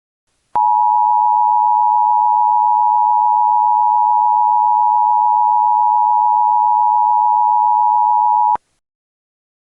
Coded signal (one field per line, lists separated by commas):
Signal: Emergency Alert System (SAME) tones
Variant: 853 and 960 Hz attention tone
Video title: EAS Scenario - Halloween Madness (Remastered) (A Halloween EAS Special)